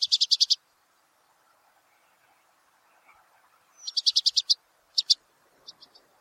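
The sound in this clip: Himalayan red-browed rosefinch calls: quick runs of five or six sharp, high chirps, a pause of several seconds, then another run and a few fainter, scattered notes.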